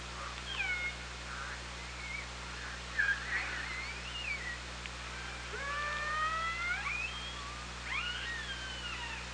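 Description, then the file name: Killer whale calls: many overlapping squeals, whistles and upsweeping harmonic cries in quick succession, over steady underwater hiss and low hum. OrcaLab hydrophone, 24 August 2017 at 17:04:42. "Orca Lab UTLN JASON 20170824 170442"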